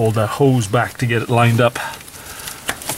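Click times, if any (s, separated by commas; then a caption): 2.7 s. A replacement variable valve timing oil control valve is lined up on the engine's left bank while a hose is held aside, then pushed into the cylinder head as someone talks. After a few faint taps, a sharp click at 2.7 s marks the valve snapping into place, seated.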